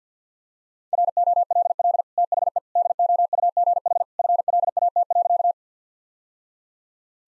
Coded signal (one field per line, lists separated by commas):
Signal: Morse code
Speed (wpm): 50 wpm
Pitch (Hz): 700 Hz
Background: none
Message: ROLL THE DOUGH FLAT.